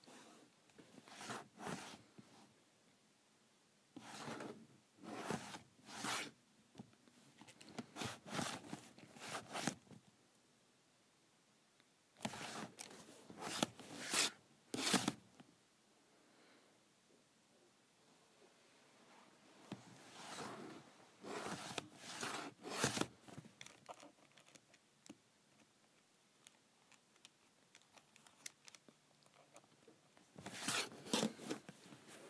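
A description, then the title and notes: A calculator cover is slid on and off in short bursts, each a rough, scraping rasp like a zipper, coming in clusters of two to four strokes. The groups arrive every few seconds with quiet gaps between them, around 0–2, 4–10, 12–15, 20–23 and 31 seconds. Sliding my Calculator Cover.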